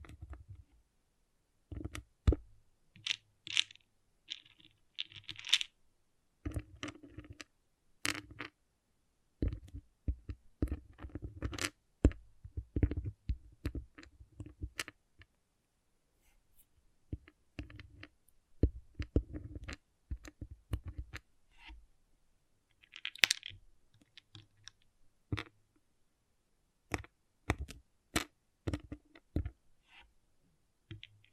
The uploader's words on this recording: ASMR Relaxing Pixel Art Beads ( No Talking).